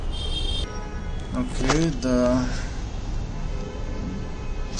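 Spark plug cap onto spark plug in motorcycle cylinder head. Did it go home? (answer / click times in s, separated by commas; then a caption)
no / none. A black rubber spark plug cap is being pushed back into the cylinder head cavity onto a new NGK iridium spark plug on a KTM Duke 390 motorcycle. Someone talks while the cap is handled, with a steady background hum and a brief tonal passage near the start. The cap has not clicked or seated yet.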